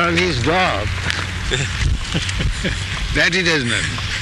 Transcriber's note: laughs